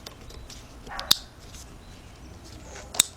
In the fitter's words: I'm just gonna push it until it clicks.